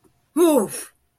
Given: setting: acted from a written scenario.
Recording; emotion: vocal sound without words; negative surprise